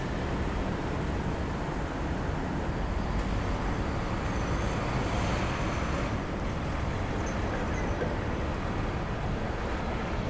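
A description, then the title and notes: Street ambience on Market Street in San Francisco, a steady wash of traffic with vehicles rumbling past. The noise is dense and even throughout, heavy in the low end, with a faint brighter whine or squeal surfacing briefly around the middle. Market Street, San Francisco, CA. Ambient sound of Market Street. Recorded with Zoom H6, using X/Y Mic Capsule at 120 Degrees wide.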